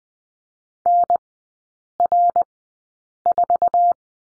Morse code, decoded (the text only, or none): NR4